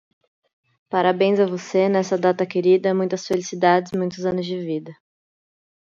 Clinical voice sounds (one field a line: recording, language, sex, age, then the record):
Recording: short text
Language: Brazilian Portuguese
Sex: female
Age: 30 to 39 years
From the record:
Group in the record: control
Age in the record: 31 years